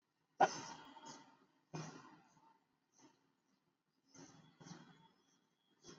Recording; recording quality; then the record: shallow breathing; moderate, slight background noise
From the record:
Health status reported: exposed to COVID-19, no respiratory illness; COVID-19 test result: not tested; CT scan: not taken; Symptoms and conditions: cough, cold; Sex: male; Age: 24 years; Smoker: no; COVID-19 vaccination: both doses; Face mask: worn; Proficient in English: yes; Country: India